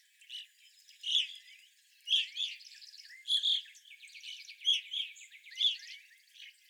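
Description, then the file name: Evening grosbeak calls: clear, high chirping notes in bursts, overlapping from several birds, with a buzzy trilling chatter running behind. Several evening grosbeaks recorded on 25 April 2021. "2021-04-25 Evening Grosbeaks"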